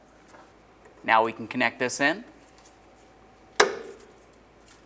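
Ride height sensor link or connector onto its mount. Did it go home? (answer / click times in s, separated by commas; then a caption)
yes / 3.6 s. A ride height sensor link or connector on a 2003-2011 Mercury Grand Marquis is pressed onto its mount. Someone talks, then a single strong, sharp snap sounds at 3.6 seconds as it seats, followed by a brief fading ring.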